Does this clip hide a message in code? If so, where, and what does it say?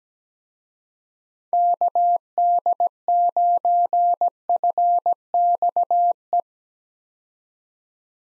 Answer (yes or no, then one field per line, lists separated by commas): yes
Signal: Morse code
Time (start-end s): 1.5-6.4 s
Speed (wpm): 17 wpm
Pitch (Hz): 700 Hz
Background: none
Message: KD9FXE